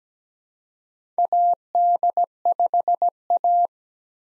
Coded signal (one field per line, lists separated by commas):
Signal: Morse code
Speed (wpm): 17 wpm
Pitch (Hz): 700 Hz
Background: none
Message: AD5A